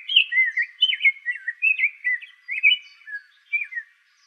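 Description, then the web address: Rose-breasted grosbeak song: a steady run of rich, sweet whistled phrases that rise and fall like a robin's warble, running continuously for about four seconds with no other sounds. Recorded in Arizona on 4 June 2026. "Grosbeaks Buntings RBGR"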